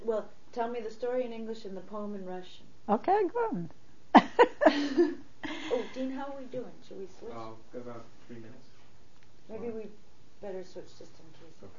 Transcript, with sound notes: Well, tell me the story in English and the poem in Russian.
Okay. Good. (They laugh.)
How are we doing? Should we switch? Maybe we'd better switch just in case the, I 'd